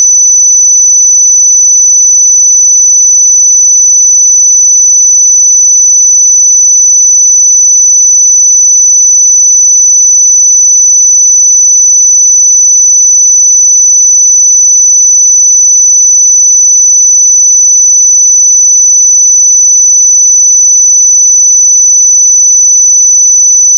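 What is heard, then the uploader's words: A pure sine tone at 5992 Hz holds perfectly steady and high-pitched for the whole clip, with no other sounds present. 5992 Hz 1 Hz Interval Sine Pure Tone Frequency 441000 Sample Mono.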